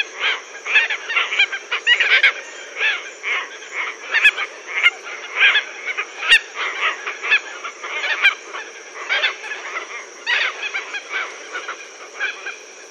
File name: phaethon rubricauda